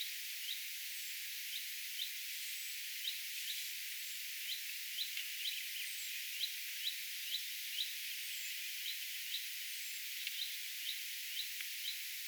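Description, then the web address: Common chaffinch calling in a rapid, somewhat irregular series of brief clipped notes, with a few faint high sliding notes over a steady background hiss. Chaffinch vocalising repeatedly, as if in a series; recorded 1 June 2025. "paivat 1 6 2025 peippo aantelee kuin sarjassa"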